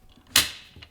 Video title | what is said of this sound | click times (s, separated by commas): Brownells BRN-22 Takedown Build | and it locks into place | 0.4 s